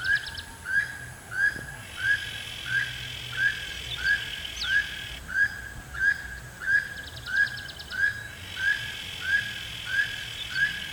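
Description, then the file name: Keel-billed toucan sounding a steady run of creaky rising croaks. "Keel billed Toucan Ramphastos sulfuratus"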